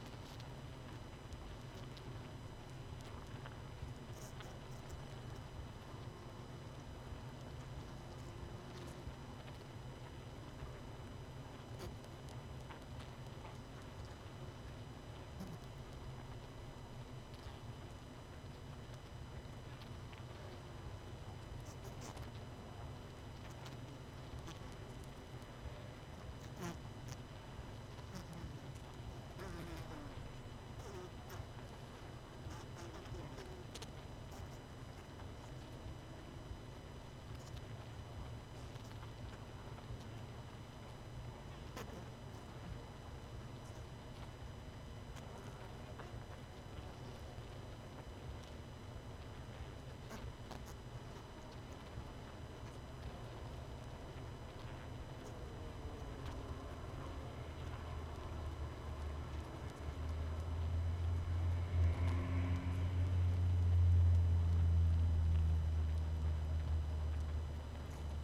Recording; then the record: honeybee colony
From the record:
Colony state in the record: missing queen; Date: 31 May 2018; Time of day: 20:12